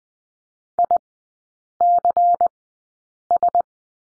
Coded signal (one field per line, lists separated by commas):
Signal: Morse code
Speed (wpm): 20 wpm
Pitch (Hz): 700 Hz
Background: none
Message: ICS